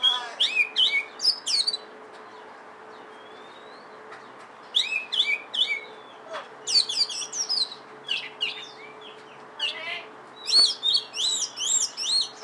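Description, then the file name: Oriental magpie-robin song: bursts of high, varied whistled and chirping notes, some sweeping up and down, with a quieter pause midway and a steady low hum. Indonesian local name kacer, variety called lutung cebu. "audio burung kacer lutung cebu. omkicau"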